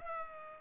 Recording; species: mosquito wingbeat signal from an infrared sensor; Culex pipiens